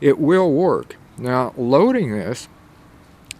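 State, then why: Seated. A broadhead dart is pushed into a blowgun barrel until it clicks into loading position, where it will not go down any further. Someone talks for the first two and a half seconds, then after a quiet pause a short, sharp click is heard at 3.3 s as the dart seats.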